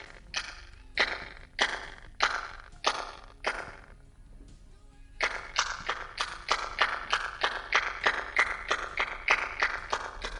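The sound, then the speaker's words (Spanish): A series of sharp hand claps at the centre of Stonehenge, the 4,000-year-old stone monument: six in a steady rhythm, a short pause, then a faster run of about fifteen more, each followed by a lingering echo from the structure that blurs into the next. “Si nuestras palmadas sonaran en el centro del monumento, el eco que nos devolvería esta estructura de 4.000 años de antigüedad sería este.”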